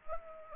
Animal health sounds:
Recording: mosquito wingbeat signal from an infrared sensor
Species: Anopheles arabiensis

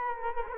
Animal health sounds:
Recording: mosquito wingbeat signal from an infrared sensor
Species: Culex quinquefasciatus

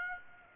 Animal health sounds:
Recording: mosquito wingbeat signal from an infrared sensor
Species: Aedes aegypti

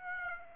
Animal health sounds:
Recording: mosquito wingbeat signal from an infrared sensor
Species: Aedes aegypti

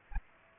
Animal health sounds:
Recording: mosquito wingbeat signal from an infrared sensor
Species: Aedes aegypti

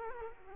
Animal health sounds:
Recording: mosquito wingbeat signal from an infrared sensor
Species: Culex quinquefasciatus

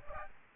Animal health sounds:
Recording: mosquito wingbeat signal from an infrared sensor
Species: Aedes albopictus

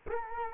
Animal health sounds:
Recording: mosquito wingbeat signal from an infrared sensor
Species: Culex quinquefasciatus

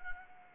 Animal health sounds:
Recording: mosquito wingbeat signal from an infrared sensor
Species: Anopheles gambiae

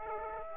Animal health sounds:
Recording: mosquito wingbeat signal from an infrared sensor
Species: Aedes aegypti

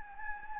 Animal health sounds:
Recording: mosquito wingbeat signal from an infrared sensor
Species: Anopheles gambiae

